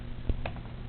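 A black plastic accessory is pushed with the fingernails into a Playmates Teenage Mutant Ninja Turtles Classic Collection Shredder action figure (1988 re-release) until it connects. A faint low thump comes at 0.3 s, then a brighter, quiet click at 0.5 s. The piece seats at that click.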